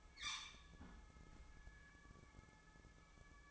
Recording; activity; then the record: daily activity, microphone in the room; close fridge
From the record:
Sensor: 1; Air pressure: 1007.8 hPa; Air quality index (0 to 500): 88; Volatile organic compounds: 1 ppm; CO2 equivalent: 754 ppm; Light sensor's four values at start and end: 14/33/14/16 and 14/33/14/16